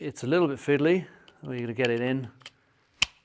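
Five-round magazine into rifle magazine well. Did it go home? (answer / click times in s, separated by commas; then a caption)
yes / 3.0 s. Someone talks while fiddling a five-round magazine into the magazine well of a Hatsan Escort .22LR rifle. At 3.0 s the magazine is pushed home and latches with a single sharp, soft click. It seats, though it does not snap in nicely or crisply.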